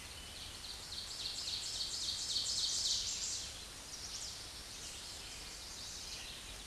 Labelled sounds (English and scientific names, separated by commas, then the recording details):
Ovenbird (Seiurus aurocapilla) song
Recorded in a Pennsylvania forest on 16 May 2024 at 07:33
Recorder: AudioMoth, point MSD-0475
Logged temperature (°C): 12.3 °C
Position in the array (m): 169 m, -26 m